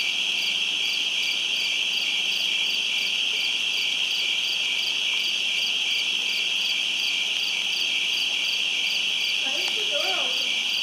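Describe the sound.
Crickets chirping: a steady, shrill, continuous chorus with a pulsing upper layer; a brief faint warbling sound comes in near the end.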